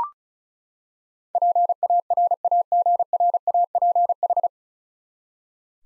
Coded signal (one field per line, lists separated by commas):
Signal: Morse code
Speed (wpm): 34 wpm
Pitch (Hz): 700 Hz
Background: none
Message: PARAGRAPH